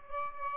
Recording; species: mosquito wingbeat signal from an infrared sensor; Aedes albopictus